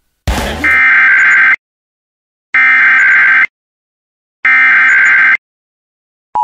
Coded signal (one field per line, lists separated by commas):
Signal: Emergency Alert System (SAME) tones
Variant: header bursts